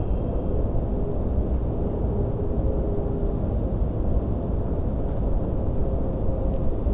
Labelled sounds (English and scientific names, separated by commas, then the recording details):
Song Thrush (Turdus philomelos)
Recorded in France